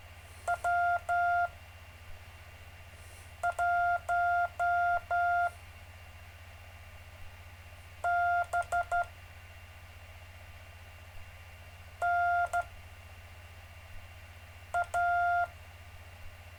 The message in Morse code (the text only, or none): W1BNA